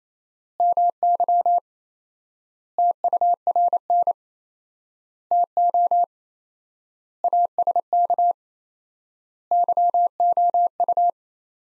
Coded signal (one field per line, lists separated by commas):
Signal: Morse code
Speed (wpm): 28 wpm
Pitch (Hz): 700 Hz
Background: none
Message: MY TURN TO ASK YOU